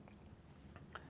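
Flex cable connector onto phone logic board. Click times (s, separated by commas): 1.0 s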